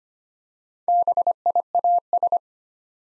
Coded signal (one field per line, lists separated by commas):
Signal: Morse code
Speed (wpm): 25 wpm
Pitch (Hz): 700 Hz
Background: none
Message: BIAS